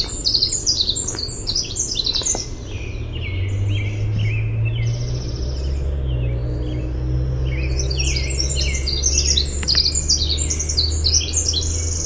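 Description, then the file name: Winter wren song, a prolonged torrent of fast, high, bubbling trills and chattering notes pouring on for the whole stretch over a steady low hum. "WIWR song"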